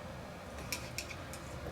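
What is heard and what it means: A metal snap ring is pushed into its groove to hold the rear roller bearing of a Sole treadmill. Two sharp metallic clicks are heard at 0.7 s and 1.0 s over a low steady background, and the ring seats in the groove.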